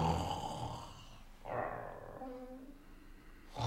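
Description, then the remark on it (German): Loud, rasping snores of the character Hermin Tode in Doktor Dolittle und seine Tiere: a long, noisy inhale followed by a second breathy snore that ends in a low, buzzing drone, then another snore just beginning. “Du schnarchst ja, dass die Wände wackeln.”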